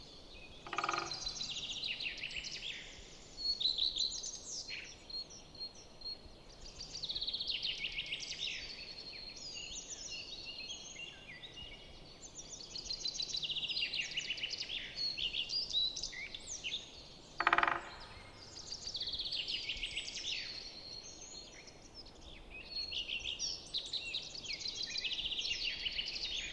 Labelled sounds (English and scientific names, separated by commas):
Great Spotted Woodpecker (Dendrocopos major) drumming